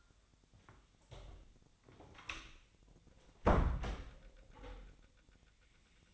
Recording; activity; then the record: daily activity, microphone in the room; close door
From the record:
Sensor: 3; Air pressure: 1007.1 hPa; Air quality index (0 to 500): 204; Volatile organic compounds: 18 ppm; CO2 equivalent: 2608 ppm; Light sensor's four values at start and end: 12/28/12/12 and 12/28/12/12